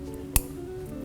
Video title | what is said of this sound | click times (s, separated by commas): 2024 Ranger Raptor Paladin Series Light Bar Install | and it clicks in place. | 0.4 s